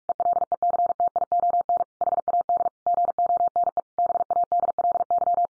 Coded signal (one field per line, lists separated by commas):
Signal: Morse code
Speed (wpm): 46 wpm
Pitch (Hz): 700 Hz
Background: none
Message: ELECTION HAD GONE BADLY